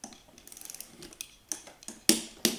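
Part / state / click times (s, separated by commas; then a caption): torque wrench tightening a rifle barrel into the receiver / torque reached / 2.1 s. While a rifle is reassembled after cleaning, a torque wrench tightens the barrel into the receiver with a series of light ratcheting ticks. At 2.1 s the wrench gives a sharp click at its set torque, confirming the barrel is tightened.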